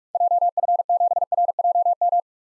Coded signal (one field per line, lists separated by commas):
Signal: Morse code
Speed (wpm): 47 wpm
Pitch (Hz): 700 Hz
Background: none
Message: JF7RJM